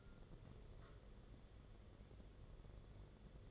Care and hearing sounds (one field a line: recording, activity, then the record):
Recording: daily activity, microphone in the room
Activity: take from stove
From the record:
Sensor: 4